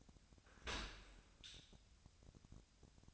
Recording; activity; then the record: daily activity, microphone in the room; open dishwasher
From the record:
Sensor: 2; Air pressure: 1006.5 hPa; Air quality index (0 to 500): 202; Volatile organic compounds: 14 ppm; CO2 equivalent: 2474 ppm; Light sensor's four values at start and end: 9/22/9/9 and 9/22/9/9